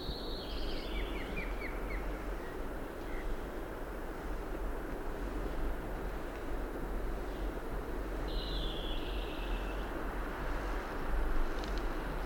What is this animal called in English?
Red Kite